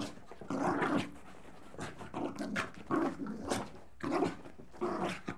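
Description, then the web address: Dog panting breathily in uneven bursts. Jack Russell Terrier crossed with Corgi, leaping. "BBC Sound Effects Library. Jack Russel Corgi Cross Leaping"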